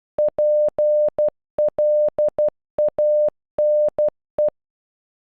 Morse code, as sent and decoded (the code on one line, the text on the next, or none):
.--. .-.. .- -. .
PLANE